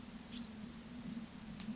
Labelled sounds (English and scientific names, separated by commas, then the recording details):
Bewick's Wren (Thryomanes bewickii)
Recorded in Sonoma County, California